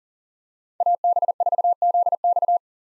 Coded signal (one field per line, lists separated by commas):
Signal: Morse code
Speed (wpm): 40 wpm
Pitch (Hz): 700 Hz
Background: none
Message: AB4ZX